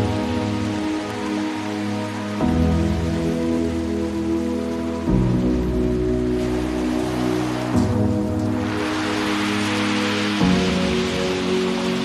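Simple sustained chords shift about every two and a half seconds over a steady wash of lapping water, with a gentle swell midway.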